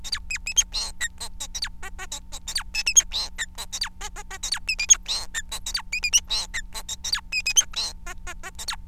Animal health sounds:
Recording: song of a male Bengalese finch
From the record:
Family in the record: son of father 4

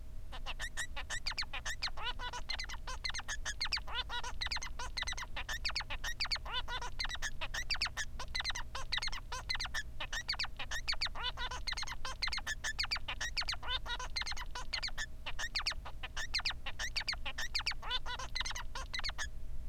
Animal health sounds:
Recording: song of a male Bengalese finch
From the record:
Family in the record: son of father 3

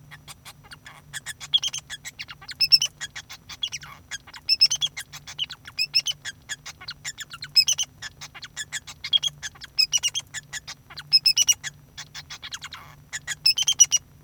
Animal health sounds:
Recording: song of a male Bengalese finch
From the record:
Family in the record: son of father 2

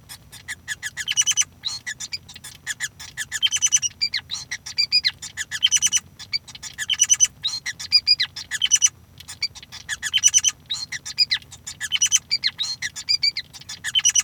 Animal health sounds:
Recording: song of a male Bengalese finch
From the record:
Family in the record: son of father 5

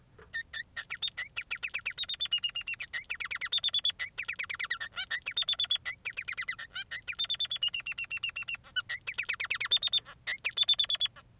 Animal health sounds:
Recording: song of a male Bengalese finch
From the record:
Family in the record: son of father 3

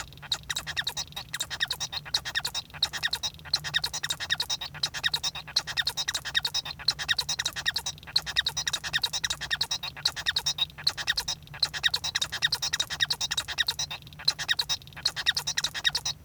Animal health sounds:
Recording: song of a male Bengalese finch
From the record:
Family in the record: son of father 1

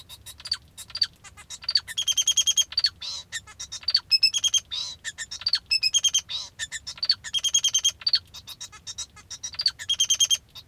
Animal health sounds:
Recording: song of a male Bengalese finch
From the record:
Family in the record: father 2

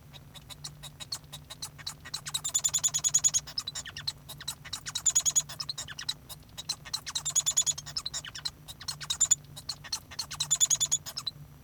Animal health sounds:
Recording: song of a male Bengalese finch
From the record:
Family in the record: son of father 1

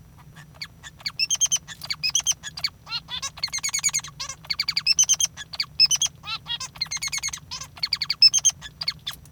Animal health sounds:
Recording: song of a male Bengalese finch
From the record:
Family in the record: father 3

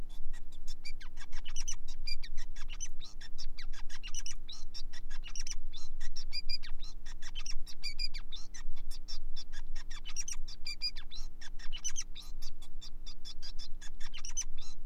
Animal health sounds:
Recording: song of a male Bengalese finch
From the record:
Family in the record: son of father 5

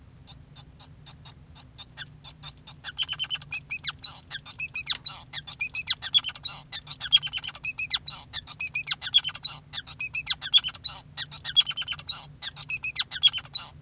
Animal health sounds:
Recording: song of a male Bengalese finch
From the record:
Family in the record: son of father 5

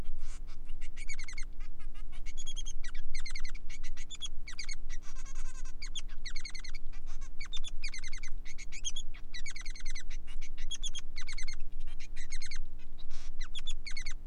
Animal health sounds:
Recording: song of a male Bengalese finch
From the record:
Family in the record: son of father 3

